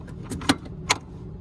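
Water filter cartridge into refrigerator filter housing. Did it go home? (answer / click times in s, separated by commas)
yes / 0.5 s, 0.9 s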